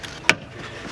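A plastic trim clip on a 2010 Toyota Prius, being refitted during a spark plug change, is pushed into the cowl panel again after one clip was found bent. A single sharp, loud snap lands at 0.3 s over quiet background. The clip seats in the cowl panel.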